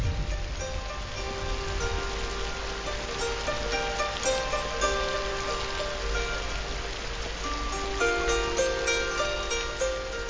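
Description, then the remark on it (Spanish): Heavy monsoon rain pours down on the Borneo rainforest in October in a dense, steady roar of hissing drops, unbroken for the whole stretch, with faint sustained tones drifting underneath. “En octubre llegan los monzones a Borneo.”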